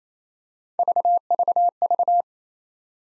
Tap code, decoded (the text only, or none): none